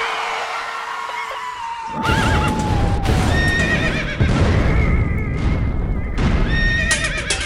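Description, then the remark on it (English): Horses whinny repeatedly in high, wavering cries over a steady, dense rumble of galloping hooves, with the clatter swelling loud and continuous from about two seconds onward. “You're losing control of the horses.”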